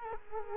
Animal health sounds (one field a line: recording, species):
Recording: mosquito wingbeat signal from an infrared sensor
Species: Culex quinquefasciatus